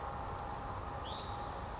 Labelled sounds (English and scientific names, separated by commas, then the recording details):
Hutton's Vireo (Vireo huttoni)
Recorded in Sonoma County, California